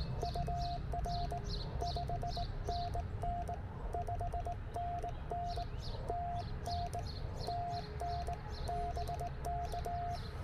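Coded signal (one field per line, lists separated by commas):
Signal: Morse code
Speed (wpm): 18 wpm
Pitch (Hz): 700 Hz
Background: none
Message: UR 5NN 5NN TN TN BK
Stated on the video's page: Morse from a Parks on the Air activation.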